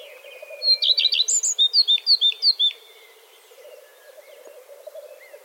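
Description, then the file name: Common redstart song: a bright series of about a dozen quick repeated notes over two seconds, followed by quiet, with a constant low hum in the background. "Gartenrotschwanz Gesang"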